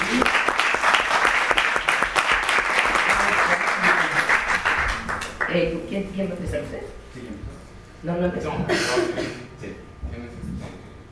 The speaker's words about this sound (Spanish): Bueno, les pido un abrazo, un aplauso para nuestros ponentes.